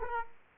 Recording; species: mosquito wingbeat signal from an infrared sensor; Aedes aegypti